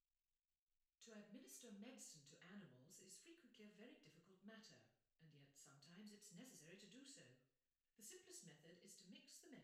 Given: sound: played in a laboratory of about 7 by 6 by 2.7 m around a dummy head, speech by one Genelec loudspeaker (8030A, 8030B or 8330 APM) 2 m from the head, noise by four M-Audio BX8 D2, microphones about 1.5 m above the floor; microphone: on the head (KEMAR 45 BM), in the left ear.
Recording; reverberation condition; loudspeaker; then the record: female speech in English; medium; 30 degrees to the right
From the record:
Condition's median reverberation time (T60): about 510 ms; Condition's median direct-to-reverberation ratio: about -0.5 dB